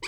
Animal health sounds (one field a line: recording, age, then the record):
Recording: pig call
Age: weaner (32 to 43 days)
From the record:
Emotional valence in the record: negative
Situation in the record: short isolation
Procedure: open field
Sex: female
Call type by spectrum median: high-frequency call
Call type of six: high-frequency stable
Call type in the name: high-frequency stable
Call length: 0.08 s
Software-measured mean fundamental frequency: 314 Hz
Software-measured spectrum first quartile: 1862 Hz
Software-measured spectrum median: 2809 Hz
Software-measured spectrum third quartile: 4737 Hz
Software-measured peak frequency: 2394 Hz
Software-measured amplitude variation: 108 dB a second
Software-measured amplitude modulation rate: 6.0 a second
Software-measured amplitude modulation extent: 17.9 dB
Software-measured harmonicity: 1.8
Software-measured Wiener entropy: -2.58